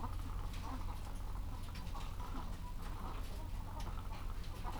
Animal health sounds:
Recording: poultry house recording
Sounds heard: sick chickens (respiratory disease)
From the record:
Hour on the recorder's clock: 14

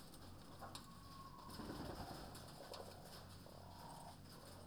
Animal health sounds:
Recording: poultry house recording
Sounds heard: sick chickens (respiratory disease)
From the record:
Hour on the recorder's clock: 20

